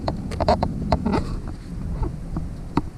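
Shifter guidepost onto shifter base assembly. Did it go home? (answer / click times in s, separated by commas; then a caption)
no / none. A new shifter guidepost for a short shifter install on a Mk4 Jetta is handled and pressed toward the blue shifter base part under the car's center console. Brief handling knocks and taps are heard, the sharpest near 0.5, 0.9 and 2.8 seconds. Nothing has seated or snapped into place yet.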